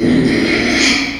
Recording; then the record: squeal of a Yucatan mini pig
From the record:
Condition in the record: after surgery on the right vocal fold (resection and tissue-engineered implant); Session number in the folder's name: 2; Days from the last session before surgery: 13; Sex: male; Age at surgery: 12 weeks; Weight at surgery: 13 kg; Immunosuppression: cyclosporine, prednisolone